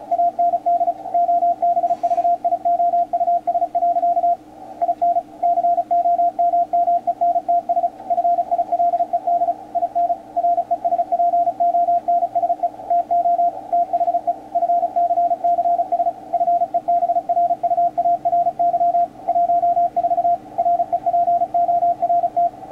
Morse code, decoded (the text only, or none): AND OBVIOUS. IN COMMENTS FILED IN RESPONSE TO THE FCCS FEBRUARY 14 REPORT